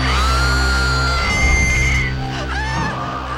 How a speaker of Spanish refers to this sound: Acto seguido, con un horrible grito de angustia